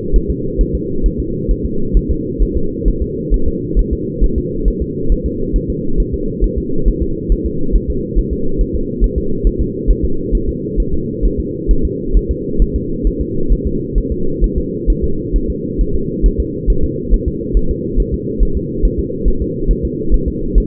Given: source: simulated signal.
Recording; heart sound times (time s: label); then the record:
fetal heart sounds
0.16 s: S1
0.30 s: S2
0.61 s: S1
0.75 s: S2
1.06 s: S1
1.20 s: S2
1.51 s: S1
1.65 s: S2
1.97 s: S1
2.11 s: S2
2.42 s: S1
2.57 s: S2
2.88 s: S1
3.02 s: S2
3.34 s: S1
3.48 s: S2
3.79 s: S1
3.93 s: S2
4.24 s: S1
4.38 s: S2
4.68 s: S1
4.82 s: S2
5.12 s: S1
5.26 s: S2
5.56 s: S1
5.70 s: S2
6.00 s: S1
6.14 s: S2
6.44 s: S1
6.58 s: S2
6.88 s: S1
7.03 s: S2
7.32 s: S1
7.46 s: S2
7.76 s: S1
7.90 s: S2
8.19 s: S1
8.33 s: S2
8.61 s: S1
8.75 s: S2
9.04 s: S1
9.18 s: S2
9.47 s: S1
9.61 s: S2
9.91 s: S1
10.05 s: S2
10.35 s: S1
10.49 s: S2
10.80 s: S1
10.94 s: S2
11.26 s: S1
11.40 s: S2
11.71 s: S1
11.85 s: S2
12.17 s: S1
12.31 s: S2
12.62 s: S1
12.76 s: S2
13.07 s: S1
13.21 s: S2
13.53 s: S1
13.67 s: S2
13.98 s: S1
14.12 s: S2
14.44 s: S1
14.58 s: S2
14.90 s: S1
15.04 s: S2
15.36 s: S1
15.50 s: S2
15.81 s: S1
15.95 s: S2
16.26 s: S1
16.40 s: S2
16.70 s: S1
16.84 s: S2
17.14 s: S1
17.28 s: S2
17.57 s: S1
17.71 s: S2
18.00 s: S1
18.14 s: S2
18.43 s: S1
18.57 s: S2
18.85 s: S1
19.00 s: S2
19.28 s: S1
19.42 s: S2
19.71 s: S1
19.85 s: S2
20.14 s: S1
20.28 s: S2
20.58 s: S1
From the record:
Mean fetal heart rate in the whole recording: 135 bpm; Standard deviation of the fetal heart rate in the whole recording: 3 bpm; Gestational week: 36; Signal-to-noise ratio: -8.1 dB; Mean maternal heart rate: 72 bpm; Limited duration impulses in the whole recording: absent